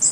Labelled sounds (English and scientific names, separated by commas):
Golden-winged Warbler (Vermivora chrysoptera) flight call